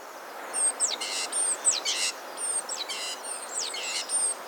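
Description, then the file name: Great tit gives repeated calls, each a sharp high falling whistle joined to a scratchy buzzing burst, over a soft hissing background. "Parus major"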